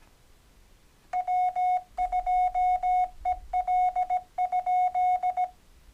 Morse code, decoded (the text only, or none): W2EL?